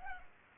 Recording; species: mosquito wingbeat signal from an infrared sensor; Culex pipiens